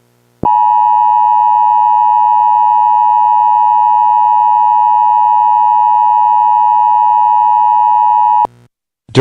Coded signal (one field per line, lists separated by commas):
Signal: Emergency Alert System (SAME) tones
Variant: 853 and 960 Hz attention tone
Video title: EAS Broadcast 2 0